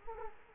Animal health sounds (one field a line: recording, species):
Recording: mosquito wingbeat signal from an infrared sensor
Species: Culex quinquefasciatus